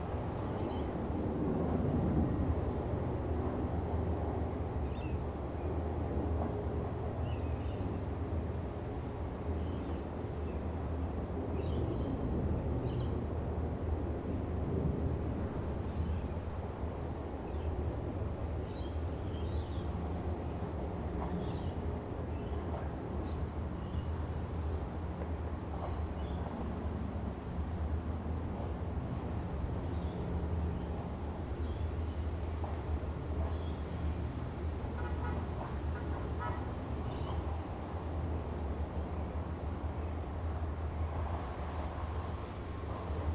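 Outside overlooking Tamarama Beach, a steady low rumble like surf or passing traffic fills the scene, with faint chirps and brief higher sounds scattered throughout.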